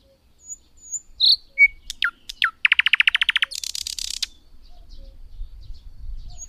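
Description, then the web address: Thrush nightingale song: scattered high notes, sharp downswept clicks, a rapid regular rattle, then a buzzy, hissing burst before it fades into quiet low rumble. "Madardalok Nagy fülemüle"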